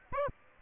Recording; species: mosquito wingbeat signal from an infrared sensor; Aedes aegypti